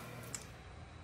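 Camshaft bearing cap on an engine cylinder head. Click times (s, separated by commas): 0.3 s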